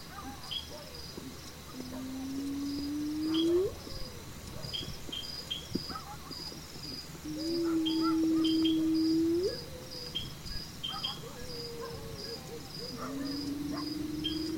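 Hyena whoops, long low tones rising at their ends, repeated several times over a continuous pulsing insect chorus and scattered faint chirps.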